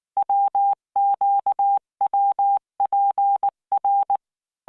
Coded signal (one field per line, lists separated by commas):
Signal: Morse code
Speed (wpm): 19 wpm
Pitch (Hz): 800 Hz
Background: none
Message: WQWPR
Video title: tamanのモールス練習動画15（モールス信号 速度19WPM スペース標準）Learn Morse Code